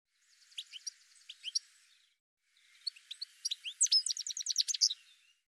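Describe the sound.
Bird song in two bursts: soft high chirps first, then after a short pause a louder, fast series of sharp ticking notes and whistles.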